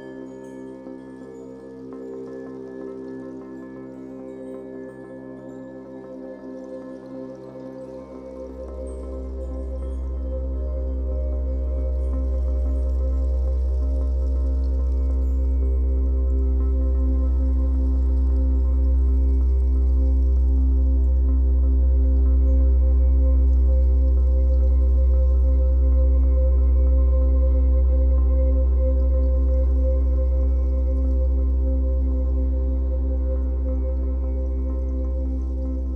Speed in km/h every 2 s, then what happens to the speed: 57, 73, 79, 81, 80, 83, 84, 87, 89, 89, 91, 88, 81, 75, 67, 71, 72, 75.
0-16 speeds up to 89. 16-21 steady at about 89. 21-28 slows to 67. 28-36 speeds up to 75.